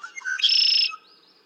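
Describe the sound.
Red-winged blackbird song: quick chattered lead-in notes, then a loud, buzzy, grating trill that stops abruptly.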